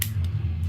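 Plastic spinning-top parts are forced together during assembly and seat with a sharp snap at 0.0 s. A much fainter tick follows at 0.2 s over a steady low hum.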